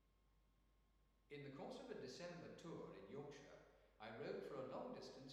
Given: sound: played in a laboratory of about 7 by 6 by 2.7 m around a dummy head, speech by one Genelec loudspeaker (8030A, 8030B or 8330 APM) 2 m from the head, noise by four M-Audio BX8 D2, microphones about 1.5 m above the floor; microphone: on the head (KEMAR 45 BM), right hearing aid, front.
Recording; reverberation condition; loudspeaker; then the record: male speech in English; high; 90 degrees to the right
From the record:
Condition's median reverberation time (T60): about 1300 ms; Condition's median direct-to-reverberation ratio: about -4.0 dB